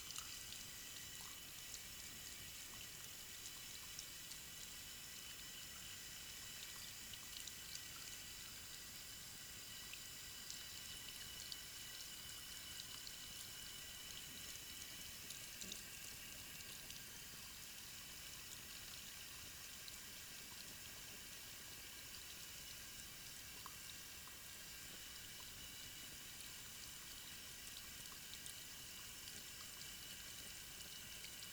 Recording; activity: daily activity, guitar pickup as the sensor; wash hands